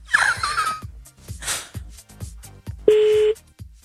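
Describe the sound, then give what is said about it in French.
A telephone rings with electronic tones: warbling, chirpy notes at first, then short bursts of noise and a single loud, steady beep lasting about half a second. “Je sais pas, mon téléphone il sonne et du coup je décroche, donc pourquoi tu m'appelles?”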